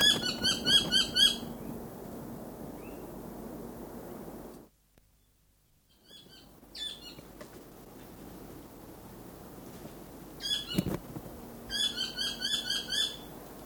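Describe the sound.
South Island saddleback song: chattering phrases of stacked, repeated notes at the start and end, with a silent gap and quieter scattered notes between.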